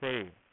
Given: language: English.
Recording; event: throat vibration sensor signal played as sound; speech